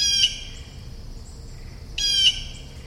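Bird producing two loud, raspy squawks, the first partly cut off at the start, each rough and buzzy, over low background noise.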